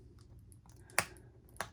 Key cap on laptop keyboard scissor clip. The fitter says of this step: don't go looking for problems okay did you hear it snapping